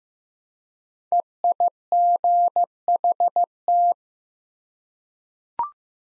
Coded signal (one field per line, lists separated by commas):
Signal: Morse code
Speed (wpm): 15 wpm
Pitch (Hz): 700 Hz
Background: none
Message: EIGHT